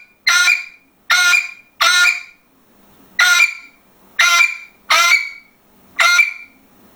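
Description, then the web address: Parrot delivers seven loud, raspy squawks in irregular groups with short pauses between them, against quiet background. "попугай"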